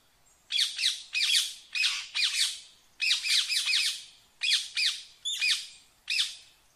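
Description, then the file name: Rose-ringed parakeet uttering loud, shrill screeches in paired and tripled bursts separated by short pauses. "Canto do periquito indiano"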